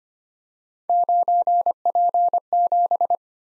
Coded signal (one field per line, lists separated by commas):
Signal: Morse code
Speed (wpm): 25 wpm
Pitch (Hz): 700 Hz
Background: none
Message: 9P7